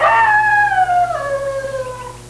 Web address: Hollywood Boulevard. wolf